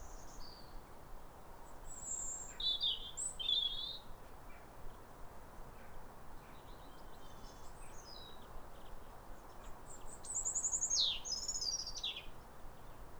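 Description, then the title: European robin song in two bursts of high, liquid, sliding notes, one around two to four seconds and another near eleven seconds, with quieter notes between over background hiss. Pair of robins in neighbouring gardens singing a duet at a clear, calm rosy sunrise on New Year in winter, after weeks of rain; countryside. "Sound Escape 150: Be uplifted by a chorus of New Year's robins"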